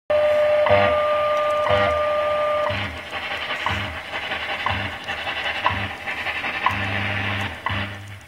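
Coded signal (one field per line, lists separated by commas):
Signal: radio time signal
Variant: WWV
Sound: steady 600 Hz tone with ticks each second, then tone stops; ticks continue through static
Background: radio static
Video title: SX 28 WWV 15MHz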